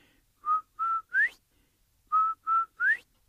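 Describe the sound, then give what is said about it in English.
A whistle sounds two identical phrases, each of two short steady notes followed by a quick upward-sliding note, clear and fairly loud with silence between and no talking; in a Cherokee story, Quail blows Turtle's whistle after stepping back. “Give me my whistle back.”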